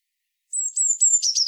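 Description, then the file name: Eurasian blue tit call: a thin, very high note series drifting slowly downward, breaking into quick pulsed notes at the end. "Cyanistes caeruleus"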